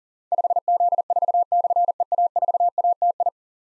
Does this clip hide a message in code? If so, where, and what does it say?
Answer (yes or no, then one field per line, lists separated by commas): yes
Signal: Morse code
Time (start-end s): 0.3-3.3 s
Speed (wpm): 40 wpm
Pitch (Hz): 700 Hz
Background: none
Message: 5Z4/EA4ATI